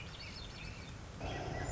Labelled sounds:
Swainson's Thrush

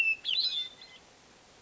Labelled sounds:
Hermit Thrush

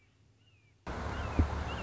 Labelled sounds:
Red-shouldered Hawk

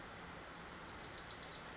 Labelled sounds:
Wilson's Warbler

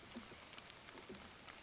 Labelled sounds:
Oak Titmouse

